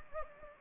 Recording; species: mosquito wingbeat signal from an infrared sensor; Anopheles gambiae